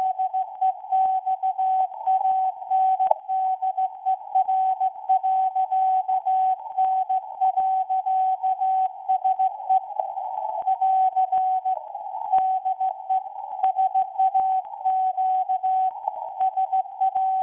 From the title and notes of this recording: Live, off-air, recording of a morse code (CW or continuous wave) transmission in English from station SAQ, Grimeton Radio, Sweden. On a very low frequency (VLF) of 17.2 kHz.